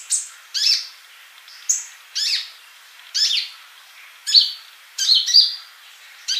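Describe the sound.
Bird song, separate high chirps and short twittered notes, roughly one a second, with gaps of quiet between them.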